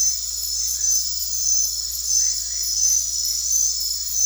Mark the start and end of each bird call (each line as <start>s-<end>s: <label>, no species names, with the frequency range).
2.09s-3.90s: bird call (1.3-2.9 kHz)